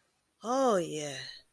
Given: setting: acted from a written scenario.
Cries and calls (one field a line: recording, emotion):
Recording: vocal sound without words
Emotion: ecstasy